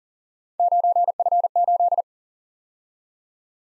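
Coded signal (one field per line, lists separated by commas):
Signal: Morse code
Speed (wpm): 46 wpm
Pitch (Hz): 700 Hz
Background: none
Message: 9F8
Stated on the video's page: Speed-racing Morse practice of three-character letter-number combinations, starting fast and slowing to a 40 wpm base, with a final repeat at maximum speed.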